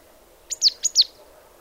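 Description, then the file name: Marsh tit calls: two quick pairs of sharp, high, downslurred notes, each pair bright and explosive, over a faint low hum. "Poecile palustris"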